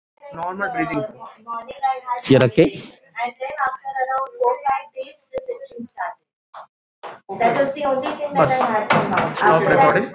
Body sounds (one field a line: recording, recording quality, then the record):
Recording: shallow breathing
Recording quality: poor, much background noise or distortion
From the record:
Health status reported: respiratory illness, not identified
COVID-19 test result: negative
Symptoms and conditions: cough, chronic lung disease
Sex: male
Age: 48 years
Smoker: not ticked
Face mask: not worn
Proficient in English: yes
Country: India